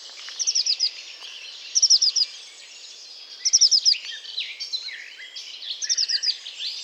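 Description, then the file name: Eurasian blue tit repeating short bursts of rapid, high, downward notes, with other birds calling in the background. "Cyanistes caeruleus"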